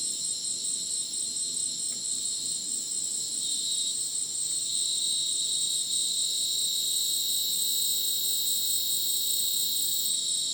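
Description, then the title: Crickets in a dense chorus of high ringing, pulsing bands, slightly louder in the later part. Dense insect chorus sounding like a polyrhythmic electronic concert, after sunset in dense rainforest, Madidi National Park, Ucumari, Bolivia; AT BP4029 microphone, MixPre 6 recorder. "Madidi National Park, Ucumari, Bolivia - Supersonic Crickets in the rainforest"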